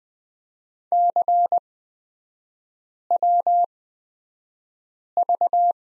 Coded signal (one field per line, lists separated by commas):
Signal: Morse code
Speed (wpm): 20 wpm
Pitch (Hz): 700 Hz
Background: none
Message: CWV